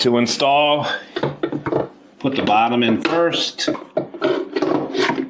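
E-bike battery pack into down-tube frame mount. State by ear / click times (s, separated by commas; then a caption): not seated / none. Someone talks while the removable battery pack of a Puckipuppy Labrador Pro e-bike is handled and set bottom end first into its down-tube frame mount, with short knocks and a scrape around 4.0–4.6 s. The battery is not yet home; nothing has seated or clicked yet.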